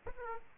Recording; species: mosquito wingbeat signal from an infrared sensor; Aedes aegypti